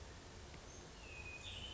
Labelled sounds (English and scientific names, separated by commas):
Hermit Thrush (Catharus guttatus)